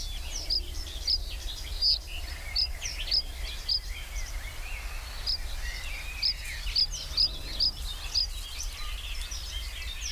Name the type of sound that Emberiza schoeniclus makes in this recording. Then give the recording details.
song. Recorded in the wild. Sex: male. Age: adult. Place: Lübars (Fließtal), Berlin, DE. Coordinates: 52.6167, 13.35. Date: 1999-06-13 13:26. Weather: heiter, 22°C. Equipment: Sony WM-D6C, Sennheiser ME 80, Kopie Uher 4000 Report Monitor. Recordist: Tembrock, Günter